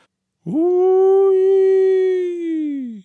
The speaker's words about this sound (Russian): Снова вой, с какими-то подкашливаниями и неразборчивыми причитаниями.